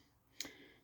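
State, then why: Torque reached. A click-type torque wrench tightens the rod bearing cap bolts on a 1929 Chrysler 360 engine. It gives a single sharp click at 0.4 s against a quiet background, confirming the bolts have reached the torque setting.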